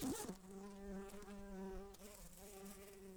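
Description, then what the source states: Bumblebee buzz, a steady low drone with a clear harmonic stack held throughout, preceded by a brief rising whine at the start. Bombus humilis workers.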